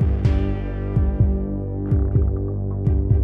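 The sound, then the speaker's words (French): A heartbeat sound effect: deep, thudding double beats repeating about once a second, layered over a steady, low humming drone. “les jolis détecteurs de battements de cœur.”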